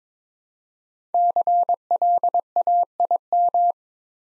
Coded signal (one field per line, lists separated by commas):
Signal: Morse code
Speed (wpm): 22 wpm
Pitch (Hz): 700 Hz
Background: none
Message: CLAIM